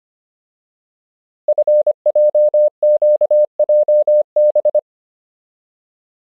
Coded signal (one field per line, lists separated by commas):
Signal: Morse code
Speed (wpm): 25 wpm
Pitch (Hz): 600 Hz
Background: none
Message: FJQJB